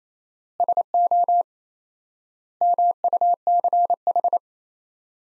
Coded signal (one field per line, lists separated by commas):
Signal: Morse code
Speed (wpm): 28 wpm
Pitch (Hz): 700 Hz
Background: none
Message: SO MUCH